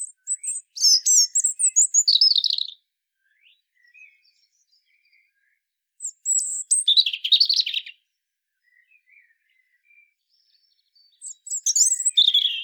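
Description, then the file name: European robin singing three separate phrases of high, sweet, warbling notes and fast twitters, separated by pauses with faint soft notes. "Erithacus rubecula"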